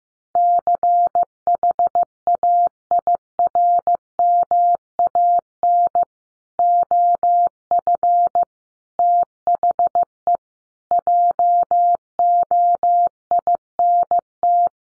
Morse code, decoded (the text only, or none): CHAIRMAN OF THE JOINT